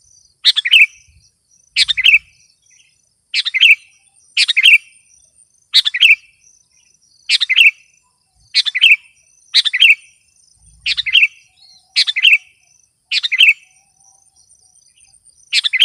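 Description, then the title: Sooty-headed bulbul giving short chirpy phrases, each a quick burst of notes repeated about every one to two seconds, with faint thin high tones running behind. "kutilang"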